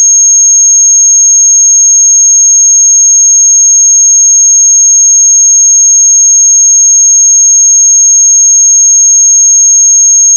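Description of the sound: Tinnitus simulation: a steady, continuous high-pitched pure tone near 6 kHz, unchanging for the whole clip.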